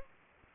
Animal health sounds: mosquito wingbeat signal from an infrared sensor; Aedes aegypti

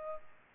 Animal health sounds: mosquito wingbeat signal from an infrared sensor; Culex pipiens

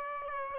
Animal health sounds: mosquito wingbeat signal from an infrared sensor; Aedes aegypti

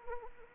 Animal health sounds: mosquito wingbeat signal from an infrared sensor; Anopheles arabiensis

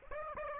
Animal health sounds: mosquito wingbeat signal from an infrared sensor; Aedes aegypti

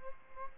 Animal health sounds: mosquito wingbeat signal from an infrared sensor; Aedes albopictus

